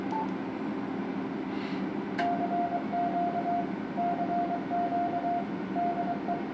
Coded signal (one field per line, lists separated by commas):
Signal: Morse code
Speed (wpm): 23 wpm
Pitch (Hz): 700 Hz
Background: none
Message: CQ CQ DE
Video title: HF/6m power amplifier 1200W for MM0NDX